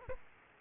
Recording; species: mosquito wingbeat signal from an infrared sensor; Aedes aegypti